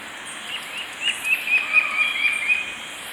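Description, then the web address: Brown-billed scythebill song: a faint string of several short, clear whistled notes over a steady high background hiss. Recorded in Ecuador. "Birds of Ecuador 2. Brown-Billed Scythebill"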